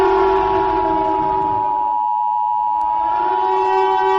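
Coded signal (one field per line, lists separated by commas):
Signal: Emergency Alert System (SAME) tones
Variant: 853 and 960 Hz attention tone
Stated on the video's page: Fictional EAS scenario, a simulated alert.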